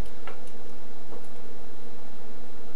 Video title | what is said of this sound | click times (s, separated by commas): How to install a new hold switch and stereo plug | it may take a few seconds just to get everything to snap in place | 0.3 s